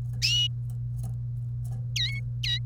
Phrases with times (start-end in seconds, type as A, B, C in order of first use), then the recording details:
1.96-2.59 A. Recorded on 1 May 2018 at 11:45. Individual llb3